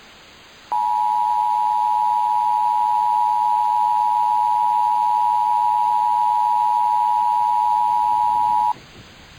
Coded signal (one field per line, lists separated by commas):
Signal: Emergency Alert System (SAME) tones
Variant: 853 and 960 Hz attention tone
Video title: PDS Tornado Warning in Downtown Grand Rapids (EAS Scenario)